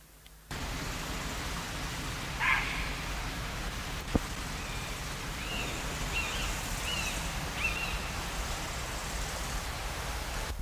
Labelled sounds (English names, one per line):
Grey Heron flight call